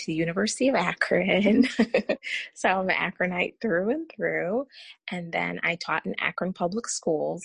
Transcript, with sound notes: I went to the University of Akron, (laughter) so I’m an Akronite through and through. And then I taught in Akron public schools.